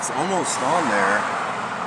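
A plastic coolant reservoir on a Ford or Mazda is being pushed onto the metal mounting tabs in the car while someone talks over a steady background hum. Nothing has seated or clicked yet; the reservoir is still being handled and is not yet locked into place.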